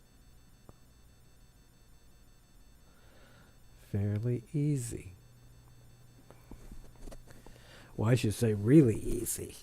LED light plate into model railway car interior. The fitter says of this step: And it just snaps into place.